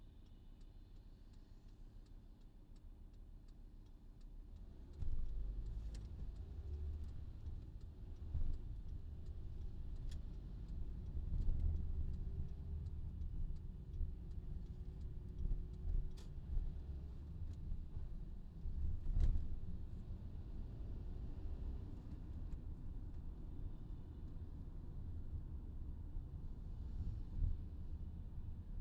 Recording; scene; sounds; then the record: everyday scene through a hearing-aid microphone; in a vehicle; engine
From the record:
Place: VW T5 Caravelle, diesel engine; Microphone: in the ear canal, left